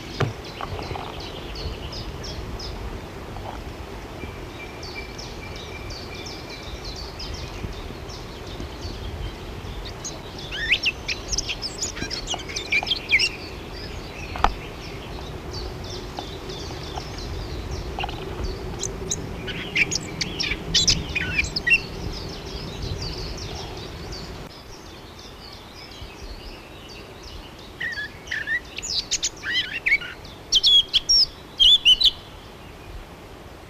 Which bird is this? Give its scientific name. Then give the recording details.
Sylvia atricapilla. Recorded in the wild. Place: Sackpfeife, DE. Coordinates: 50.9428, 8.53361. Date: 1964-04-17. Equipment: Uher Report 4000, AKG D190. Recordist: Krey, Winfried